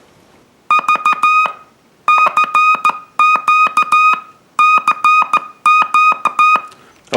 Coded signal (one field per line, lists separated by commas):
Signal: Morse code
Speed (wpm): 15 wpm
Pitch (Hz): 1240 Hz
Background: music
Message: V CQ CMT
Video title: Modern Radio Labs® CPO kit reproduction